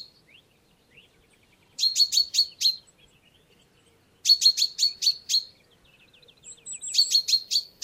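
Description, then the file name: Common chaffinch producing three bursts of rapid, high chirping notes, each a quick run of several notes ending abruptly, with soft faint twitters in between. "Fringilla coelebs"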